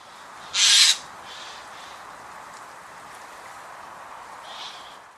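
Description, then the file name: Eurasian jay screech: one loud, harsh rasping burst, followed seconds later by a fainter similar rasp, over a steady background hiss. "Garrulus glandarius"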